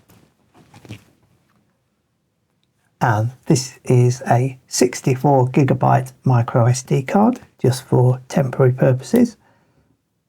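A 64 GB micro SD card, meant for temporary use, is picked up and handled before it goes into the card slot of a Reolink Altas WiFi solar security camera. Faint, short handling sounds come in the first second or so, then someone talks from about 3.0 s to 9.3 s. The card has not been inserted or clicked into place yet.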